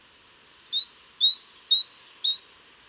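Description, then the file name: Great tit song: four quick two-note phrases, a high sharp note dropping to a lower one, repeated briskly in a short bright burst. "Parus major"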